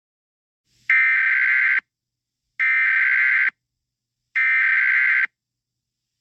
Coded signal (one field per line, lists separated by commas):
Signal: Emergency Alert System (SAME) tones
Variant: header bursts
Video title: EAS SCENARIO 24: Simon Attacks